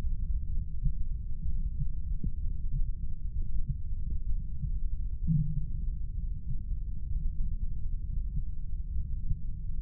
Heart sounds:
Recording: heart sounds by stethoscope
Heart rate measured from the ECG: 64 bpm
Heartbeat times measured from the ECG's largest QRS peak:
0.51 s: heartbeat
1.46 s: heartbeat
2.41 s: heartbeat
3.35 s: heartbeat
4.28 s: heartbeat
5.22 s: heartbeat
6.15 s: heartbeat
7.09 s: heartbeat
8.02 s: heartbeat
8.95 s: heartbeat
From the record:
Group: heart failure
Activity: breath hold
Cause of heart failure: non-ischemic cardiomyopathy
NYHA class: 1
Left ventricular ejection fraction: 25%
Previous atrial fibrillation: present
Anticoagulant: apixaban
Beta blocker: bisoprolol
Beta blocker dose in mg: 7.5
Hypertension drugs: sacubitril-valsartan, spironolactone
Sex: male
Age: 48 years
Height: 183 cm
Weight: 96 kg

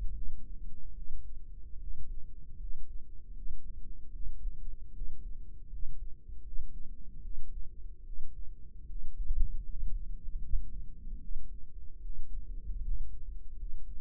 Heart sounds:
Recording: heart sounds by microphone in the right ear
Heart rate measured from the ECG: 76 bpm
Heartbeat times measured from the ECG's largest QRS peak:
0.12 s: heartbeat
0.94 s: heartbeat
1.78 s: heartbeat
2.57 s: heartbeat
3.33 s: heartbeat
4.11 s: heartbeat
4.92 s: heartbeat
5.69 s: heartbeat
6.42 s: heartbeat
7.21 s: heartbeat
8.03 s: heartbeat
8.86 s: heartbeat
9.65 s: heartbeat
10.39 s: heartbeat
11.19 s: heartbeat
12.00 s: heartbeat
12.81 s: heartbeat
13.56 s: heartbeat
From the record:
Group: healthy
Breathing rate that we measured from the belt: 17 breaths a minute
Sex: female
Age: 22 years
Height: 163 cm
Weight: 67.1 kg

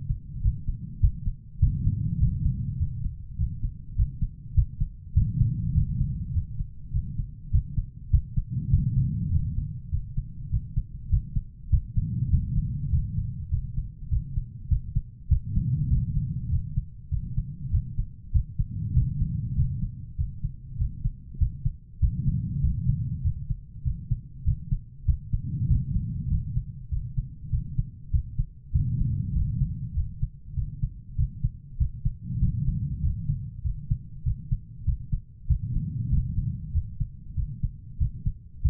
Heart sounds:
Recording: heart sounds by stethoscope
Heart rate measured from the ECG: 99 bpm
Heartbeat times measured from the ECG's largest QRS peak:
0.42 s: heartbeat
1.00 s: heartbeat
1.60 s: heartbeat
2.19 s: heartbeat
2.78 s: heartbeat
3.37 s: heartbeat
3.95 s: heartbeat
4.54 s: heartbeat
5.14 s: heartbeat
5.73 s: heartbeat
6.33 s: heartbeat
6.92 s: heartbeat
7.51 s: heartbeat
8.10 s: heartbeat
8.70 s: heartbeat
9.30 s: heartbeat
9.90 s: heartbeat
10.50 s: heartbeat
11.09 s: heartbeat
11.70 s: heartbeat
12.30 s: heartbeat
12.90 s: heartbeat
13.49 s: heartbeat
14.09 s: heartbeat
14.68 s: heartbeat
15.28 s: heartbeat
15.89 s: heartbeat
16.49 s: heartbeat
17.09 s: heartbeat
17.70 s: heartbeat
18.32 s: heartbeat
18.94 s: heartbeat
19.55 s: heartbeat
20.16 s: heartbeat
20.77 s: heartbeat
21.38 s: heartbeat
22.00 s: heartbeat
22.61 s: heartbeat
23.22 s: heartbeat
23.83 s: heartbeat
24.44 s: heartbeat
25.05 s: heartbeat
25.67 s: heartbeat
26.28 s: heartbeat
26.89 s: heartbeat
27.50 s: heartbeat
28.11 s: heartbeat
28.72 s: heartbeat
29.33 s: heartbeat
29.94 s: heartbeat
30.54 s: heartbeat
31.16 s: heartbeat
31.77 s: heartbeat
32.39 s: heartbeat
33.01 s: heartbeat
33.62 s: heartbeat
34.23 s: heartbeat
34.85 s: heartbeat
35.47 s: heartbeat
36.10 s: heartbeat
36.72 s: heartbeat
37.35 s: heartbeat
37.98 s: heartbeat
38.62 s: heartbeat
From the record:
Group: healthy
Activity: rest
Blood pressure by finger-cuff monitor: 112/60 mmHg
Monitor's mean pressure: 79 mmHg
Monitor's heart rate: 100 bpm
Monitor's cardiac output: 8.1 L/min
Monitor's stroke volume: 81 mL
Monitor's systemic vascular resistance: 700 dyn s/cm5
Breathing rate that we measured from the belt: 18 breaths a minute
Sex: female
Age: 43 years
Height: 160 cm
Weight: 90 kg

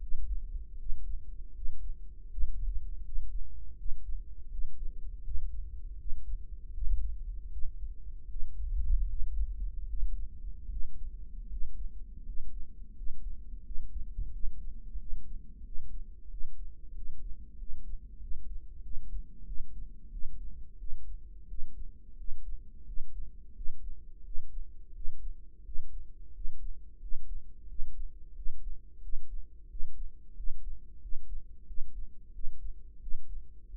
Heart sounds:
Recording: heart sounds by microphone in the right ear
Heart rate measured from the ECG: 85 bpm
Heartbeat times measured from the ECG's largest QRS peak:
0.01 s: heartbeat
0.79 s: heartbeat
1.55 s: heartbeat
2.31 s: heartbeat
3.05 s: heartbeat
3.78 s: heartbeat
4.51 s: heartbeat
5.24 s: heartbeat
5.99 s: heartbeat
6.74 s: heartbeat
7.51 s: heartbeat
8.29 s: heartbeat
9.08 s: heartbeat
9.88 s: heartbeat
10.70 s: heartbeat
11.50 s: heartbeat
12.26 s: heartbeat
12.96 s: heartbeat
13.65 s: heartbeat
14.33 s: heartbeat
14.99 s: heartbeat
15.65 s: heartbeat
16.31 s: heartbeat
16.96 s: heartbeat
17.59 s: heartbeat
18.21 s: heartbeat
18.84 s: heartbeat
19.47 s: heartbeat
20.12 s: heartbeat
20.80 s: heartbeat
21.50 s: heartbeat
22.18 s: heartbeat
22.87 s: heartbeat
23.56 s: heartbeat
24.25 s: heartbeat
24.95 s: heartbeat
25.66 s: heartbeat
26.35 s: heartbeat
27.02 s: heartbeat
27.69 s: heartbeat
28.36 s: heartbeat
29.03 s: heartbeat
29.70 s: heartbeat
30.37 s: heartbeat
31.02 s: heartbeat
31.68 s: heartbeat
32.34 s: heartbeat
33.02 s: heartbeat
33.70 s: heartbeat
From the record:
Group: healthy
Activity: breath hold 0-8 s, rest 8-34 s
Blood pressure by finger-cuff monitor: 143/85 mmHg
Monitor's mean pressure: 102 mmHg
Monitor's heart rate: 87 bpm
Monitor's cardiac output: 7.3 L/min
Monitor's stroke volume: 83 mL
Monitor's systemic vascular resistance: 1090 dyn s/cm5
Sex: male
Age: 21 years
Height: 175 cm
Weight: 72.6 kg

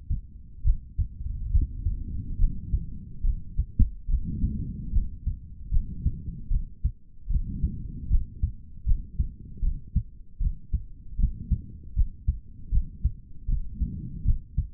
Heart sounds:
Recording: heart sounds by stethoscope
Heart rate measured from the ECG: 75 bpm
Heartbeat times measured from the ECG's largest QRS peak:
0.62 s: heartbeat
1.50 s: heartbeat
2.37 s: heartbeat
3.22 s: heartbeat
4.07 s: heartbeat
4.91 s: heartbeat
5.70 s: heartbeat
6.49 s: heartbeat
7.28 s: heartbeat
8.08 s: heartbeat
8.84 s: heartbeat
9.60 s: heartbeat
10.38 s: heartbeat
11.17 s: heartbeat
11.94 s: heartbeat
12.70 s: heartbeat
13.46 s: heartbeat
14.23 s: heartbeat
From the record:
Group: healthy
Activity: breath hold 0-1 s, rest 1-15 s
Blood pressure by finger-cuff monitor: 121/75 mmHg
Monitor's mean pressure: 91 mmHg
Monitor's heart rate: 76 bpm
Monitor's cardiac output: 4.2 L/min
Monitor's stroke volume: 56 mL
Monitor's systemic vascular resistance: 1620 dyn s/cm5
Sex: male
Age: 55 years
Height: 167 cm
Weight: 57.2 kg

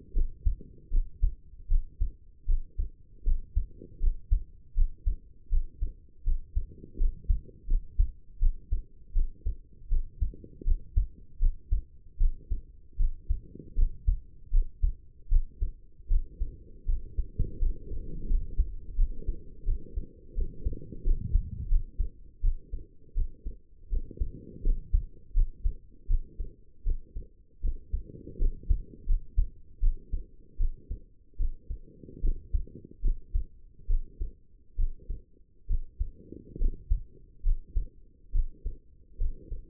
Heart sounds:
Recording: heart sounds by stethoscope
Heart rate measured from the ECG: 78 bpm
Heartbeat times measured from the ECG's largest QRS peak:
0.12 s: heartbeat
0.90 s: heartbeat
1.67 s: heartbeat
2.45 s: heartbeat
3.23 s: heartbeat
3.99 s: heartbeat
4.74 s: heartbeat
5.49 s: heartbeat
6.23 s: heartbeat
6.97 s: heartbeat
7.67 s: heartbeat
8.39 s: heartbeat
9.12 s: heartbeat
9.88 s: heartbeat
10.64 s: heartbeat
11.38 s: heartbeat
12.17 s: heartbeat
12.96 s: heartbeat
13.75 s: heartbeat
14.50 s: heartbeat
15.28 s: heartbeat
16.07 s: heartbeat
16.85 s: heartbeat
17.58 s: heartbeat
18.27 s: heartbeat
18.95 s: heartbeat
19.64 s: heartbeat
20.34 s: heartbeat
21.03 s: heartbeat
21.68 s: heartbeat
22.41 s: heartbeat
23.14 s: heartbeat
23.89 s: heartbeat
24.63 s: heartbeat
25.33 s: heartbeat
26.07 s: heartbeat
26.83 s: heartbeat
27.61 s: heartbeat
28.38 s: heartbeat
29.06 s: heartbeat
29.80 s: heartbeat
30.57 s: heartbeat
31.37 s: heartbeat
32.21 s: heartbeat
33.01 s: heartbeat
33.87 s: heartbeat
34.76 s: heartbeat
35.67 s: heartbeat
36.58 s: heartbeat
37.42 s: heartbeat
38.31 s: heartbeat
39.17 s: heartbeat
From the record:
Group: healthy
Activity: rest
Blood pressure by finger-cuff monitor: 106/70 mmHg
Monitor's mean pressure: 81 mmHg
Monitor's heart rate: 79 bpm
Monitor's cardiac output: 5.8 L/min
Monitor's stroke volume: 75 mL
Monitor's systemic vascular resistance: 1030 dyn s/cm5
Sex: female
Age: 22 years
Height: 160 cm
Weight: 45 kg

